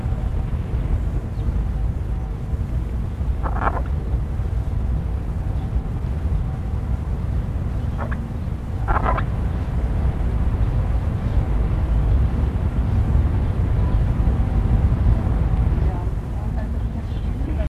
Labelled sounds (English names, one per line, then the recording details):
Père David's Deer
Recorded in captivity
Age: adult
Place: Zoo Berlin, Berlin, DE
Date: 1961-02-04 13:15
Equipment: Minifon, Kopie Smaragd
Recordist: Tembrock, Günter
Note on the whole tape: Hirsch steht quer zum Beobachter: helle Geräusche bei geschlossenem Maul (zum Teil evtl. Zahngeräusche). Abstand: 1 m